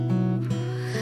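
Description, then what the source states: Honey bee buzzing, a steady low drone with layered overtones that shifts pitch briefly a few times. Recorded 8 August 2021.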